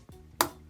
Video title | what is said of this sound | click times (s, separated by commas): When The Exclusive Is No Longer An Exclusive - #transformers Legacy Soundwave Review | pop into place now you can cheat the shoulder a little bit but it is | 0.4 s